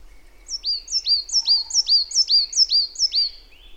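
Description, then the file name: Marsh tit repeating a quick string of several crisp, high, down-slurred notes at an even, fast pace. "Poecile palustris"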